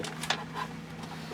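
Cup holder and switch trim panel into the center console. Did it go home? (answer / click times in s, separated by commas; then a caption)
yes / 0.3 s. A plastic cup holder and seat heater control trim piece from a 2001 Toyota Sequoia is pushed into the center console after its switch connectors are plugged in. A couple of faint ticks are followed by a sharp snap at 0.3 s over a steady low hum. The trim piece pops into place.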